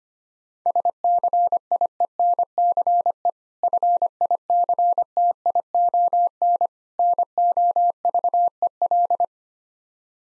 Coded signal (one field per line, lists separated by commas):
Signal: Morse code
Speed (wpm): 25 wpm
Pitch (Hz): 700 Hz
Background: none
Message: SCIENCE FICTION NOVEL